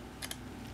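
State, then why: Seated. A finished homemade magnetic smart cover, its glue now dry, sits on an iPad 2 tablet, and its corner is bent so it comes off and goes back on. Two short, bright clicks sound over a low steady background, a softer one at 0.2 s and a sharper one at 0.3 s as the cover corner clicks into place.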